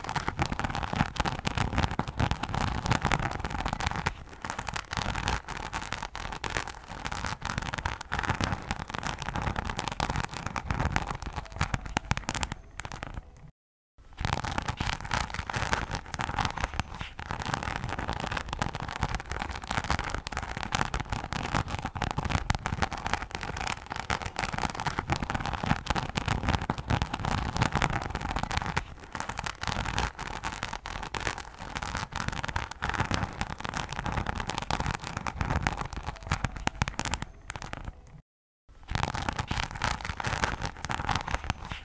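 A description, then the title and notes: A green plasticky clutch bag being scratched, producing a dense, steady rasping with constant crackly detail and a faint ringing tone running throughout. The bright scraping continues almost without pause, broken only by two brief silences, near 14 and 38 seconds. Scratching. I am using my green plasticy clutch to scratch.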